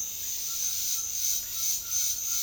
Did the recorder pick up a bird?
yes